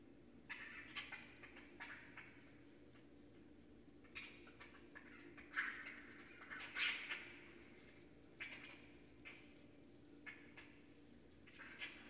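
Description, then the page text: Raccoon chittering in short, harsh bursts spaced irregularly, a few louder screechy notes in the middle, over a low steady hum. Northern Raccoon recorded remotely at night on 4 January 2012 with an unattended recorder. "Night Sounds, Pt 6 – Raccoons – Stan Courtney. Raccoon 2012 01 04"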